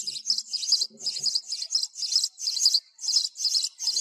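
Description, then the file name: Sparrow chirping, rapid high notes run together in dense, irregular bursts. Sparrow calling the flock together. "tieng se goi bay"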